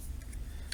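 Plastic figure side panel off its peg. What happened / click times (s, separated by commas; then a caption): The plastic side panel popped off its peg / 0.7 s. A side panel of a plastic transforming figure is popped off its peg while the figure is being transformed. Low rumbling background sound is heard, then a sharp, short pop at 0.7 seconds as the panel comes free of the peg.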